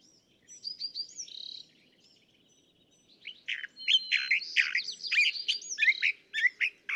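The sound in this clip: California thrasher singing a short phrase, a quiet gap, then a longer series of varied, harsh, slurred notes.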